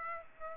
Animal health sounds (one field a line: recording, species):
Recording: mosquito wingbeat signal from an infrared sensor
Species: Aedes aegypti